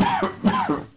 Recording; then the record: coughing mixed with background sound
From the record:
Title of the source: Spring Allergy Coughing